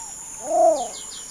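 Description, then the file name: Least bittern giving one soft, low, arched coo that rises and falls, over a steady high insect hiss. "canto do socoi vermelho"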